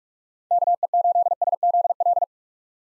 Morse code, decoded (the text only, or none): KE8SZL